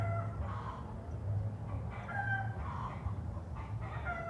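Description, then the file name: Chickens giving a few soft, drawn-out clucks over a low humming background. Hens clucking in the city. "Galinhas cacarejando na cidade"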